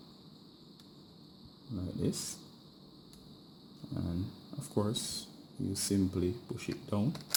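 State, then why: Not seated. A laptop RAM module is slid into its memory slot at an angle, ready to be pushed down. Someone talks over faint handling sounds with two brief, quiet ticks. Nothing has snapped or seated yet.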